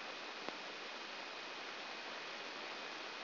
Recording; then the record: brain microelectrode recording played as sound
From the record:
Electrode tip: outside the subthalamic nucleus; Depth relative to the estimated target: -1 mm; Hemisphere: right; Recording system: AlphaMap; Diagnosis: Parkinson's disease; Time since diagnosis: 15 years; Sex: female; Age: 68 years